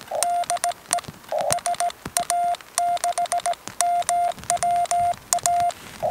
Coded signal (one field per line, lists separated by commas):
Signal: Morse code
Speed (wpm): 18 wpm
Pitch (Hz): 700 Hz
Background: radio noise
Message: DE SA6MWA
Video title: Fältdygn 1 Telegrafi (CW)